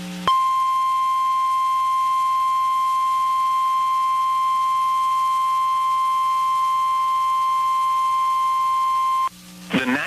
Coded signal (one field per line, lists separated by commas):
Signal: Emergency Alert System (SAME) tones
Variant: 1050 Hz attention tone